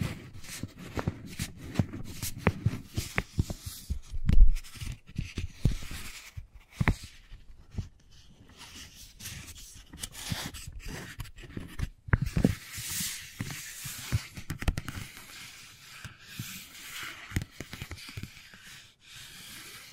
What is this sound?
Wooden Ball Triggers